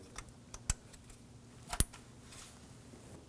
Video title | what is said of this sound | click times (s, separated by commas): How to Replace Coolant Temperature Sensor 2014-2020 Acura MDX | Make sure you hear that click. | 0.7 s